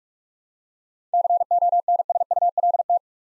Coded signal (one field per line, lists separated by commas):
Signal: Morse code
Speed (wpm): 47 wpm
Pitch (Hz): 700 Hz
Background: none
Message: CONSULT